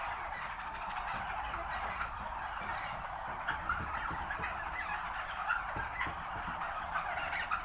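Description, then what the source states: Turkey flock producing steady overlapping gobbles and chatter, with a few sharper calls standing out now and then. Recorded at a turkey farm.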